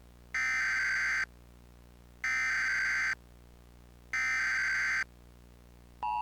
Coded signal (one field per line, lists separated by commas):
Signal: Emergency Alert System (SAME) tones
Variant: header bursts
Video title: The Plaza Tower Collapse | EAS Mock #28